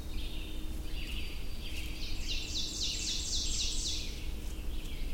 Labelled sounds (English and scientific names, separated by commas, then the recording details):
Ovenbird (Seiurus aurocapilla) song
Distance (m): 35 m
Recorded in boreal forest in Alberta, Canada, on 22 June 2016 at 07:45
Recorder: SongMeter 3, array SBT-6-76
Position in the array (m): 150 m, 115 m
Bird 3